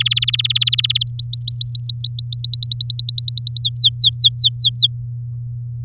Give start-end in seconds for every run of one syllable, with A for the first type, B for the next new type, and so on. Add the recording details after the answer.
0.00-1.03 A, 1.07-2.41 B, 2.44-3.61 C, 3.62-4.87 D. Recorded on 7 May 2018 at 10:49. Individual llb16